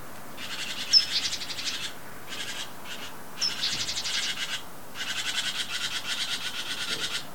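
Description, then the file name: Great tit churring persistently, a series of harsh rattling bursts of fast pulses, some introduced by a thin high note, with brief pauses between. "Parus major"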